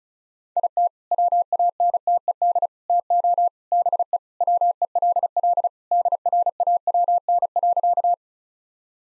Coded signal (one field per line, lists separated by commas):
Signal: Morse code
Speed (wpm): 34 wpm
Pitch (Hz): 700 Hz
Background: none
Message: IT WANTED TO BE WELL DRAWN.